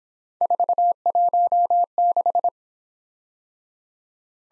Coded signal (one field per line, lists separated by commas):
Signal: Morse code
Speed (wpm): 26 wpm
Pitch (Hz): 700 Hz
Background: none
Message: 416